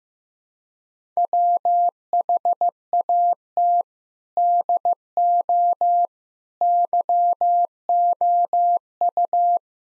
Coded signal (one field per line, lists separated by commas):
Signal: Morse code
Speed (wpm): 15 wpm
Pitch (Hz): 700 Hz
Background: none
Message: WHAT DO YOU